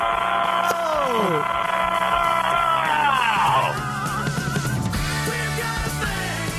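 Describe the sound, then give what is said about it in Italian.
A man lets out a loud, drawn-out yell with strained, wavering pitch that swoops downward, followed by more shouting and rough vocal bursts over a steady background rumble. “Sì, cioè, vado a casa continuamente, vado a dormire e devo sentire prima l'urlo”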